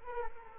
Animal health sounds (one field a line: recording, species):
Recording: mosquito wingbeat signal from an infrared sensor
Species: Culex quinquefasciatus